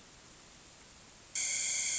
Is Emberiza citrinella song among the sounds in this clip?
no